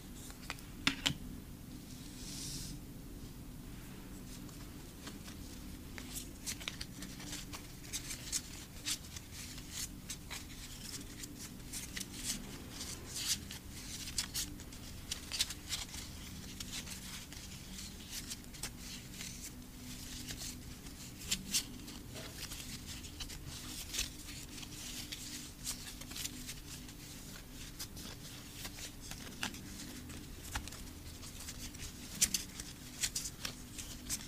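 Photocard tapping in quick, irregular clicks that run steadily throughout, bright and crisp, over a constant low hum underneath.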